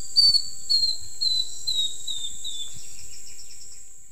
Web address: Natures Songs S America Eastern Lowlands Neopipo cinnamomea, song